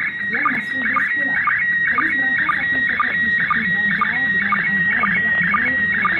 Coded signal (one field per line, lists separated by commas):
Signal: SSTV (slow-scan television)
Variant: PD 120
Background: speech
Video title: DECODE SLOW SCAN TELEVISION (SSTV) via ISS